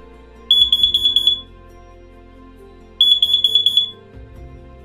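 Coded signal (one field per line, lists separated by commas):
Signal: alarm pattern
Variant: Kidde CO alarm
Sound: shrill high alarm chirps in two fast bursts of about 7-8 pulses, another starting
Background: low room hum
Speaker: the sound emitted is one beep then two sets of four beeps followed by one beep this means successful test or reset sequence and operation no action required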